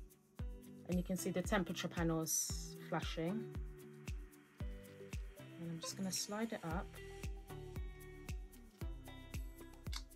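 In manual mode, with its temperature panels flashing, the slide control on the handle of a heated T3 Curl ID curling iron is being pushed up toward its locked position while someone talks and music plays underneath with steady sharp ticks. The clip ends before the control locks; nothing has clicked or seated yet.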